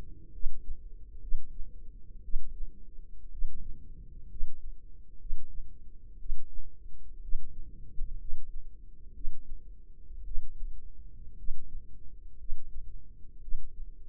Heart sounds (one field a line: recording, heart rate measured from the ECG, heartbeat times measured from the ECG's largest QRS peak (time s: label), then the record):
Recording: heart sounds by microphone in the left ear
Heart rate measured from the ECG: 60 bpm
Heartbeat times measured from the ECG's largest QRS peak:
0.31 s: heartbeat
1.20 s: heartbeat
2.21 s: heartbeat
3.29 s: heartbeat
4.27 s: heartbeat
5.17 s: heartbeat
6.17 s: heartbeat
7.20 s: heartbeat
8.17 s: heartbeat
9.12 s: heartbeat
10.23 s: heartbeat
11.35 s: heartbeat
12.37 s: heartbeat
13.39 s: heartbeat
From the record:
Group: healthy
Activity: rest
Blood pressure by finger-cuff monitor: 99/61 mmHg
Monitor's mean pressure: 72 mmHg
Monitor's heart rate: 61 bpm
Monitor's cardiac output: 4.9 L/min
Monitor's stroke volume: 79 mL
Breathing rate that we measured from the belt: 16 breaths a minute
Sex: female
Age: 36 years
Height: 163 cm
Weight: 88 kg